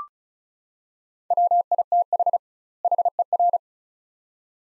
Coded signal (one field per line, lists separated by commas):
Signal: Morse code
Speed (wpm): 36 wpm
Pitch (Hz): 700 Hz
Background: none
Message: WITH HER